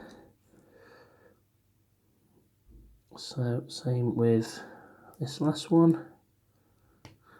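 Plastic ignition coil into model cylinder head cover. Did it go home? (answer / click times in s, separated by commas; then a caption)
yes / 7.1 s. Someone talks while the last plastic ignition coil is pushed into a model cylinder head cover. A single sharp click sounds at 7.1 s as the coil seats home.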